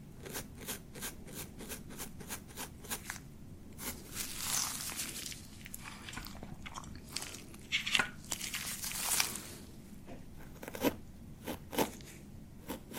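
Beard treatment with short, sharp snips and crunchy scraping coming in quick irregular bursts, over a steady low hum throughout.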